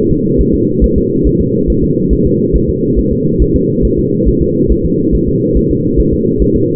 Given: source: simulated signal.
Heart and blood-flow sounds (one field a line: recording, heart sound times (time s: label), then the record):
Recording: fetal heart sounds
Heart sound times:
0.11 s: S2
0.41 s: S1
0.55 s: S2
0.84 s: S1
0.98 s: S2
1.27 s: S1
1.41 s: S2
1.70 s: S1
1.84 s: S2
2.13 s: S1
2.27 s: S2
2.56 s: S1
2.70 s: S2
2.99 s: S1
3.13 s: S2
3.42 s: S1
3.56 s: S2
3.85 s: S1
3.99 s: S2
4.28 s: S1
4.42 s: S2
4.72 s: S1
4.86 s: S2
5.15 s: S1
5.29 s: S2
5.57 s: S1
5.71 s: S2
6.00 s: S1
6.14 s: S2
6.42 s: S1
6.56 s: S2
From the record:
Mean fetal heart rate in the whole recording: 140 bpm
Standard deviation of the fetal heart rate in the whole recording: 2 bpm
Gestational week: 34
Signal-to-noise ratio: -11.2 dB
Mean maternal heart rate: 72 bpm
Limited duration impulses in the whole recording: present